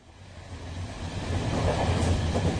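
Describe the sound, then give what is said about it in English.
A train to Newcastle rumbles along the rails, a steady low roar with faint rhythmic clatter that slowly grows louder over a few seconds, with no voices. “So let's listen now to what happened on the train to Newcastle.”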